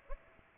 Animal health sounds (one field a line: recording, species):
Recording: mosquito wingbeat signal from an infrared sensor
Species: Aedes aegypti